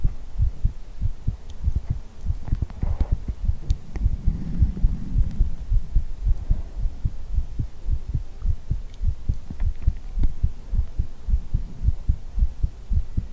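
Steady, deep, muffled thumps of an adult heartbeat repeat throughout at an unhurried pace, heard close up as if hugging the listener's head. Between about three and six seconds, soft breathy ear blowing passes close to the microphone over the beats.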